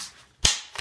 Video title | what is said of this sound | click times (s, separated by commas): T4E TM4 und TM4 RIS Real Action Marker Test - Review - RAM-SHOP24 | rastet ein also da hätte man z. auch die Möglichkeit mit einfachen Mitteln | 0.5 s